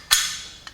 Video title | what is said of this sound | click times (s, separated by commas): Make a Fabricated Vice - Fusion360 | you can hear that little snap in that little click that's what we want lovely | 0.1 s, 0.7 s